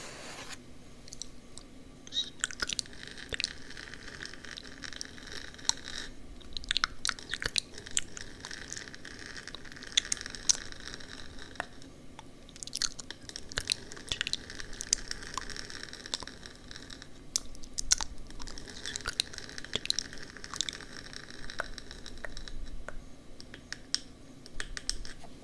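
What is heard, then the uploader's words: Ear tapping and scratching mixed with wet mouth sounds, a dense run of soft squishy, crackly noises with bright sharp taps scattered irregularly throughout. A low steady hum runs underneath the whole time, and the activity stays fairly even from start to finish. ASMR Ear Tapping & Scratching 3Dio (Mouth Sounds).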